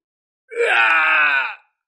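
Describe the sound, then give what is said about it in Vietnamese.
A man, the character Tống Thiên Phong in Già Thiên, lets out a single agonized scream of pain as a golden sword light strikes his brow, a strained, harmonically rich cry that rises sharply and holds for about a second before cutting off, loud and alone; he covers his brow and staggers back. “Tống Thiên Phong hét thảm một tiếng, dùng tay che lấy mi tâm, lảo đảo lui lại.”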